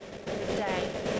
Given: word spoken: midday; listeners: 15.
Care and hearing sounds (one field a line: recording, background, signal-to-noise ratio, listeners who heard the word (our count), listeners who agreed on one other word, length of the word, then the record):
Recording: one English word in noise, from a listening test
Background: noise modulated by three-talker babble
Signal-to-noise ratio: -4.2 dB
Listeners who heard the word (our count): 1 of 15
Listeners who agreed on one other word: 12 of 15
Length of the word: 0.80 s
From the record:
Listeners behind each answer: 12, 1, 1, 1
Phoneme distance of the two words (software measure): 21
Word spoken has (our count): 2 syllables, 5 phonemes, stress on syllable 2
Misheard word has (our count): 1 syllable, 2 phonemes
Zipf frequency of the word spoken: 3.64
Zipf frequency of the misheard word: 5.99